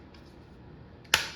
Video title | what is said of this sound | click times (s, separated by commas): LL4D Umarex Hdx and Hdp50 - The struggle is real 😂 for this velocity check | there we go I heard it click that time yaa | 1.1 s